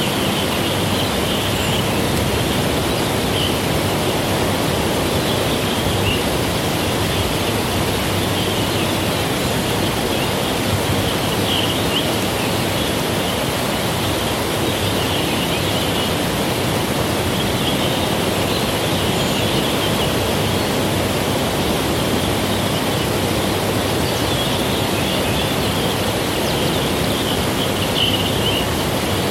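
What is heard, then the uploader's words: A dense noise-wall drone built from nature field recordings, a thick unbroken rush like a waterfall that holds one steady loudness for the full half minute. A brighter hiss band sits on top, with faint chirp-like flecks surfacing now and then. Noise wall drone I created using various field recordings of nature, that I made over the last few years.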